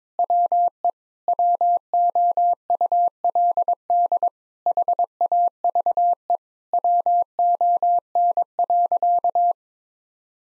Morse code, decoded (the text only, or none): WE WOULD HAVE WON.